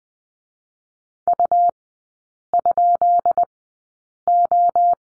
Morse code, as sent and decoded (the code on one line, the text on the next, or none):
..- ..--.. ---
U?O